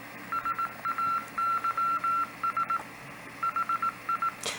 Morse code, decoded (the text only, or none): SAYS HI